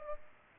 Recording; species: mosquito wingbeat signal from an infrared sensor; Culex pipiens